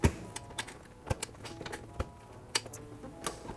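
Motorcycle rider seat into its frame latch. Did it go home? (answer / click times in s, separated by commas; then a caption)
no / none. A rider seat is handled over its frame latch on a 2018+ Yamaha Tracer 900 while being reinstalled after fitting an LED flasher relay. Scattered light taps and sharp ticks sound around 0.6, 1.2, 2.6 and 3.3 seconds over quiet background noise. Nothing has seated or clicked yet.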